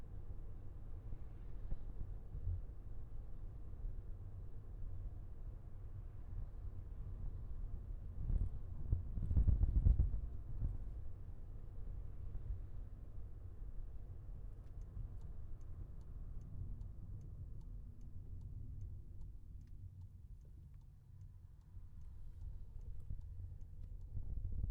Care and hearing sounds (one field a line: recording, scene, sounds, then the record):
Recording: everyday scene through a hearing-aid microphone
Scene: in a vehicle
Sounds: engine, rumble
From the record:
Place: Skoda Fabia, gasoline engine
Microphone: behind the ear, left, front